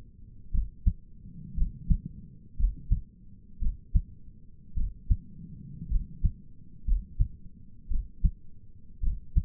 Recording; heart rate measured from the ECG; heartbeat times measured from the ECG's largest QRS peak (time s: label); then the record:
heart sounds by stethoscope; 57 bpm
0.53 s: heartbeat
1.57 s: heartbeat
2.58 s: heartbeat
3.61 s: heartbeat
4.76 s: heartbeat
5.91 s: heartbeat
6.86 s: heartbeat
7.90 s: heartbeat
9.03 s: heartbeat
From the record:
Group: healthy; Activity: rest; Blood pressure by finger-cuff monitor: 105/62 mmHg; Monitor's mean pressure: 75 mmHg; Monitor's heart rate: 59 bpm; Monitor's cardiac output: 5.5 L/min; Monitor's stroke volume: 95 mL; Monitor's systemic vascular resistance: 1000 dyn s/cm5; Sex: male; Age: 22 years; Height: 181 cm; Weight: 79 kg